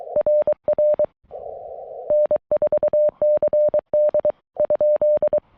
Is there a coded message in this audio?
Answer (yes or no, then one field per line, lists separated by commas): yes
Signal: Morse code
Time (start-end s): 0.2-5.4 s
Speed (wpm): 22 wpm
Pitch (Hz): 590 Hz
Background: none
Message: RR N4CD ?